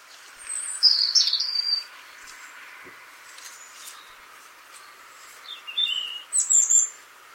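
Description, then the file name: European robin singing two high, twittering phrases, one near the start and one near the end, with thin hiss between. "Erithacus rubecula"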